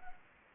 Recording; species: mosquito wingbeat signal from an infrared sensor; Anopheles arabiensis